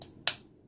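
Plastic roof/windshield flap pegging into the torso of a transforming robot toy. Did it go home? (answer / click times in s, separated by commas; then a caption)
yes / 0.3 s. The windshield/roof panel of a small plastic X-Transbots Toro/Coprimozzo transforming robot toy is flipped down, its top flap slid underneath and pegged into the torso, then pushed forward. After a faint tick at 0.0 s, a sharp, bright snap at 0.3 s marks the flap seating into place.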